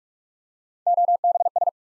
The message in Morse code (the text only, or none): OBS